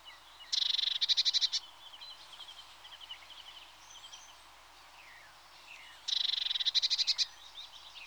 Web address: BBC Sound Effects Library Birds Blue TIT (Parus Caeruleus)